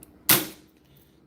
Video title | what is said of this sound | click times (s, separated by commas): Free Build Friday 10th March Gel Blaster Build | hit this here this hole here and you'll hear it pop in a second | 0.3 s